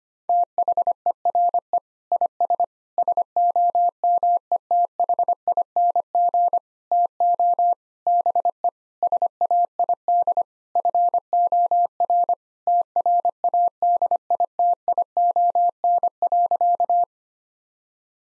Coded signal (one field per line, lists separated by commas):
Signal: Morse code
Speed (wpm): 25 wpm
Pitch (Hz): 700 Hz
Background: none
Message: THERE IS SOMETHING TO BE SAID FOR TRADITION.